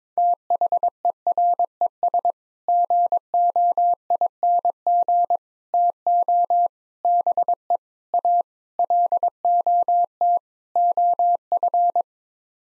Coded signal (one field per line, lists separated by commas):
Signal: Morse code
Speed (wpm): 22 wpm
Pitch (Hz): 700 Hz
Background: none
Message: THERES GOING TO BE A LOT OF